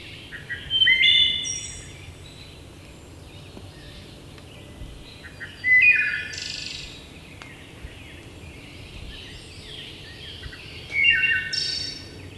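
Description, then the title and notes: Wood thrush singing three separate phrases about five seconds apart, each a short set of fluty whistles with a shimmering, high-pitched trill. "Wood Thrush. Macaulay Library at Cornell Lab of Ornithology"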